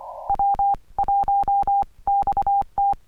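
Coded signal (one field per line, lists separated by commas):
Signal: Morse code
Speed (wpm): 24 wpm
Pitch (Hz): 800 Hz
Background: none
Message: W1XT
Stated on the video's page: Summits on the Air CW activation using a Xiegu X6100 transceiver.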